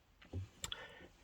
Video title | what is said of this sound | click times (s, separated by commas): Changing Mk8 Fiesta Window Master Switch | will start clicking into place and you work your way down both sides all the way down to the bottom | 0.6 s, 0.7 s